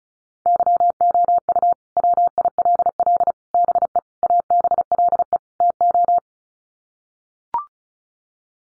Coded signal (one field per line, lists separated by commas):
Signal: Morse code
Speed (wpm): 34 wpm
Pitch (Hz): 700 Hz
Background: none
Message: YOU WILL BE ABLE TO